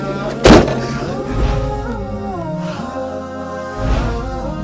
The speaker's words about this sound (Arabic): الباب ما يتقفل.